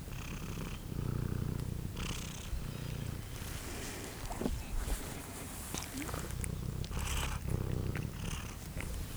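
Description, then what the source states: Cat purring, a low throbbing rumble, with faint higher rustles and clicks. Farmyard cat purring and meowing, with a fly present, at Görestanya.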